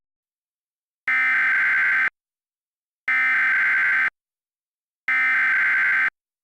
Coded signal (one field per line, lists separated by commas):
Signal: Emergency Alert System (SAME) tones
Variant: header bursts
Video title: EAS Scenario: Memphis Tornado I